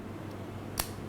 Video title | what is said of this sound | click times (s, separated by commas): Tips and Tricks for Building a Custom Modular Multitool - Roxon Flex | right it's locked you kind of hear that click now all you now need to do is | 0.8 s